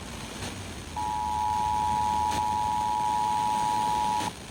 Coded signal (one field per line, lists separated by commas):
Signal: Emergency Alert System (SAME) tones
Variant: 853 and 960 Hz attention tone